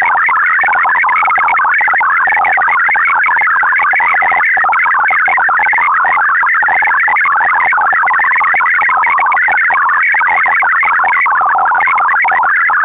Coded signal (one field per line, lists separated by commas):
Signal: multi-tone FSK (Olivia or MFSK type)